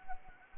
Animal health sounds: mosquito wingbeat signal from an infrared sensor; Anopheles arabiensis

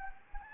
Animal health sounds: mosquito wingbeat signal from an infrared sensor; Anopheles gambiae

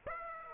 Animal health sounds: mosquito wingbeat signal from an infrared sensor; Aedes aegypti

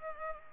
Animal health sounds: mosquito wingbeat signal from an infrared sensor; Culex pipiens

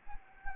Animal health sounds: mosquito wingbeat signal from an infrared sensor; Anopheles arabiensis

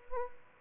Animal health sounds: mosquito wingbeat signal from an infrared sensor; Aedes albopictus

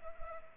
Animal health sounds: mosquito wingbeat signal from an infrared sensor; Culex pipiens

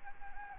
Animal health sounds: mosquito wingbeat signal from an infrared sensor; Anopheles gambiae

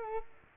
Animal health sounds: mosquito wingbeat signal from an infrared sensor; Culex quinquefasciatus

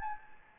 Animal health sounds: mosquito wingbeat signal from an infrared sensor; Anopheles gambiae

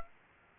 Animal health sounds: mosquito wingbeat signal from an infrared sensor; Aedes aegypti

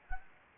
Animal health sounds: mosquito wingbeat signal from an infrared sensor; Anopheles gambiae

